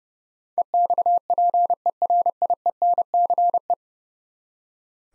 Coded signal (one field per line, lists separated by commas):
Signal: Morse code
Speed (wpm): 30 wpm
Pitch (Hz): 700 Hz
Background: none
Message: EXPERIENCE